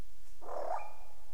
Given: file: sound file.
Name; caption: alarm growl-squeak; The ‘growl‐squeak’ alarm of a female Albert's lyrebird, recorded at Goomburra.